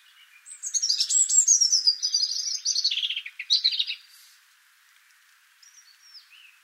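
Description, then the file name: European robin song. One long, rippling, rapid phrase of high sparkling notes that gradually descends, followed by a pause and a couple of soft thin whistles. "Erithacus rubecula"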